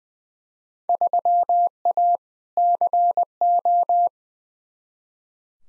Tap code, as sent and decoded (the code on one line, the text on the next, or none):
none